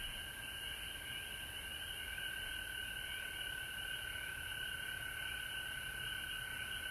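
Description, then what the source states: Many frogs trill together without pause, making an even, pulsing drone layered over a faint high hiss. Recorded at home in Georgia on March 19, 2020.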